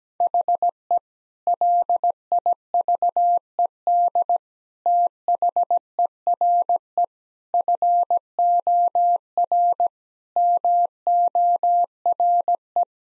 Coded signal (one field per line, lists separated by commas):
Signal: Morse code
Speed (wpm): 17 wpm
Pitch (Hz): 700 Hz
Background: none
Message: HE LIVED THERE FOR MORE